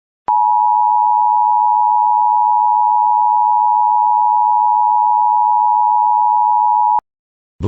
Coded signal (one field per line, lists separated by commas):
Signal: Emergency Alert System (SAME) tones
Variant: 853 and 960 Hz attention tone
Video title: (Visibleshark50 REUPLOAD VIDEO) EAS Scenario - Plainrock124 Rampage Part 1